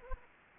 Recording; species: mosquito wingbeat signal from an infrared sensor; Anopheles gambiae